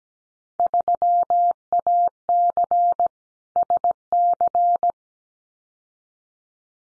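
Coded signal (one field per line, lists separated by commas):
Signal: Morse code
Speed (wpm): 17 wpm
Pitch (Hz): 700 Hz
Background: none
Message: 3AC SC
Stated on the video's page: Field Day contest exchanges sent at 17 wpm as a head-copy drill, each sent in Morse, then spoken, then sent again.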